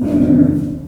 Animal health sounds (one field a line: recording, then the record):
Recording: squeal of a Yucatan mini pig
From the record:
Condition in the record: after surgery on the right vocal fold (resection and tissue-engineered implant)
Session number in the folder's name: 5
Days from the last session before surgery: 33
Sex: female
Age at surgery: 19 weeks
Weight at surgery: 25 kg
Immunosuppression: prednisolone